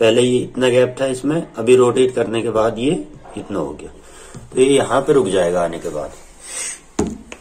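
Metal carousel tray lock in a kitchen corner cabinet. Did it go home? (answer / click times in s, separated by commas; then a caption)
no / none. A metal S-carousel blind-corner tray in a kitchen corner cabinet is handled while its lock is being set. Someone talks through most of the clip, then two sharp metallic clanks sound at 7.0 s and 7.3 s. Nothing has seated or locked yet.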